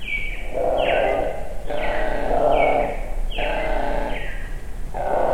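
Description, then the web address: Several rooks give rasping caws back to back, almost continuous, with higher falling calls mixed in and a steady low rumble underneath. "Tom Hutchings Rooks"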